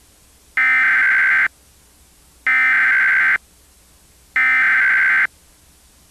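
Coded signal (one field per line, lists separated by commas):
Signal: Emergency Alert System (SAME) tones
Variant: header bursts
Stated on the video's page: Fictional EAS scenario (analog horror) containing valid SAME tones.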